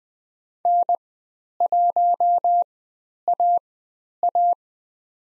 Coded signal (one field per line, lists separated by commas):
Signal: Morse code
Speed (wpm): 20 wpm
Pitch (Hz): 700 Hz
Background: none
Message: N1AA